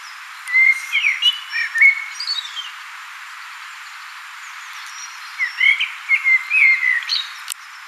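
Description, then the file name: Common blackbird singing two loud, mellow phrases of slurred whistles, each trailing into squeaky high twitters, with a quiet gap between them. "Turdus merula"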